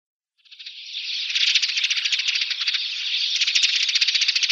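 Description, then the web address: Dead Sea sparrow calls begin after a short silence and build into a fast, buzzy rattle of chirps that carries on to the end. "Schulze Peter Dead Sea Sparrow calls"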